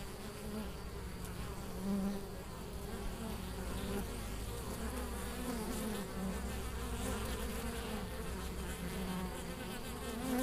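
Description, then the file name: Western honey bee buzzing, a steady low droning hum over a broad background rush. "apis mellifera"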